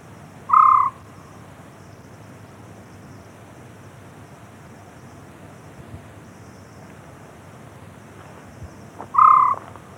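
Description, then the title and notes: White-faced scops owl hooting: two brief level notes several seconds apart, with soft background noise between them. "Taz. WHITE-FACED SCOPS OWL (Otus Leucotis)"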